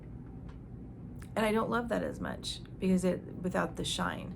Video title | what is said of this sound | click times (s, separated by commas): Pat McGrath Bronze Collection First Impressions | um and I if you can hear it click um | 1.2 s